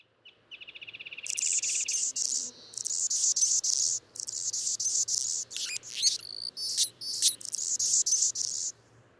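Anna's hummingbird song, a long run of high, grating, buzzy bursts mixed with sharp squeaky chips, starting with a rapid ticking series; faint low hum underneath.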